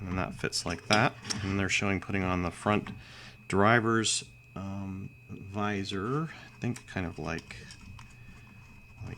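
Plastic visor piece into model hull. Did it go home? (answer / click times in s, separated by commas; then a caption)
no / none. Someone talks while placing a small plastic driver's visor onto a snap-together Revell Snap-Tite model hull, with only faint handling sounds heard. The visor has not clicked into place yet.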